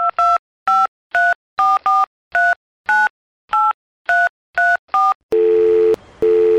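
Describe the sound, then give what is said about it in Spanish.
A mobile phone being dialed to call a friend: about eleven quick dual-pitched keypad beeps in an uneven rhythm, followed by a steady, lower ringing tone that breaks off once and resumes. No one speaks. “Y para eso voy a llamar a mi fiel amigo Carita de Ángel.”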